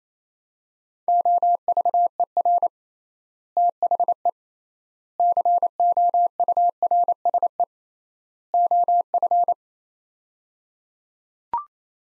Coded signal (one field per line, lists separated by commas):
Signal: Morse code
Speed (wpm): 28 wpm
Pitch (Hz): 700 Hz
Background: none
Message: OVER THE COURSE OF